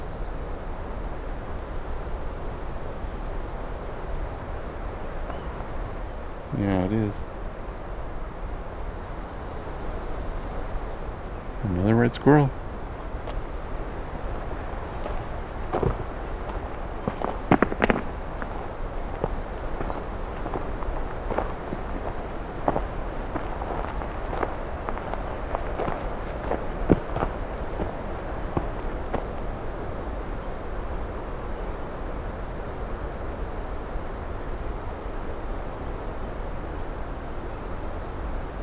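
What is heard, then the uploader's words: Birds call during an early morning hike over a steady low rumble. Brief high chirps and short warbling phrases come at scattered moments, near 7, 12, 20 and 37 seconds, with occasional sharp clicks and soft knocks, possibly footsteps, in between. A June Morning Hike. It’s my last day at Johnston Harbour for 2022, and I’m doing an early morning hike - despite some overcast weather, the songs are both abundant and diverse.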